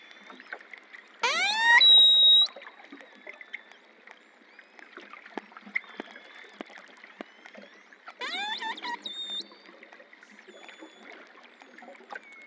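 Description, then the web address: Long-finned pilot whale making two loud harmonic pulsed calls ending in level whistles, separated by quiet stretches of scattered clicks. Recorded in the Antilles. "PMahe Voile'Ocean Audio prez Globi antilles globicephala Melas Apex Cetacea Gouf"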